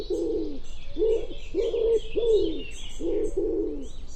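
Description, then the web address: Bird giving deep, hoarse cooing notes, some paired, with thin high chirps and twitters from other birds behind. "cianscape birddata Deverinetal 2025 Bird Co Pa Co Pa"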